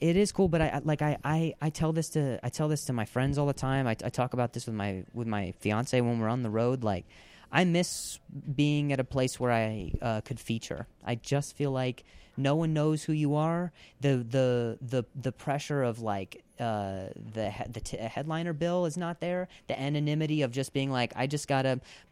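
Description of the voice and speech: Adult man speaking casually, a comedian who has a stutter, with repeated words and syllables ('the, the, the') and silent blocks, consistent with stuttering.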